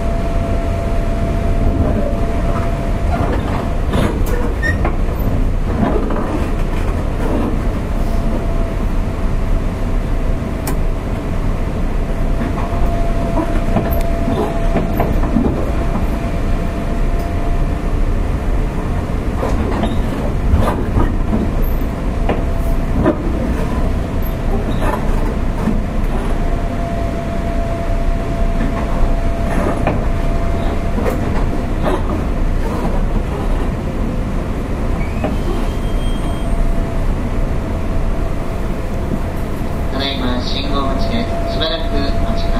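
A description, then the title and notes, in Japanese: A JR 201 series electric train runs steadily with a deep continuous rumble, a faint whining tone, frequent rattling clicks, and brief squeals near the end. JR201系電車 環状線内回り 大阪から天王寺まで。JR201系電車の走行音です。環状線 内回り列車にて収録。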